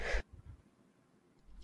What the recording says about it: A little sneeze snuck up on me there.